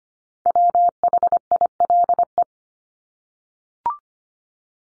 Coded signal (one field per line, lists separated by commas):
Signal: Morse code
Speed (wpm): 25 wpm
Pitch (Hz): 700 Hz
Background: none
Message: WHILE